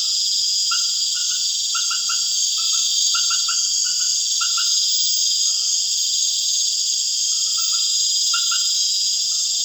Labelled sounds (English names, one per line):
none